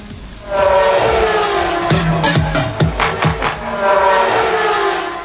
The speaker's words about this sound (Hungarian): És besuhant ide a stúdióba a Forma 1-es autójával